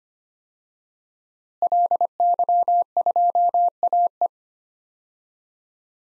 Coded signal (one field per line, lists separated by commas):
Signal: Morse code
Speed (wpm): 25 wpm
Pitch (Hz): 700 Hz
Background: none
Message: LY2AE